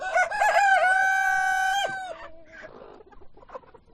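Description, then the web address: Chicken: rooster crowing, a long level harmonic cry ending with a sharp drop, followed by scattered soft hen clucks. Hens and roosters at a poultry farm. "granja avicola sonidos de gallinas y gallos"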